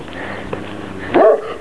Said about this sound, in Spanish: Un perro, Dios mío, qué miedo, que me ladra.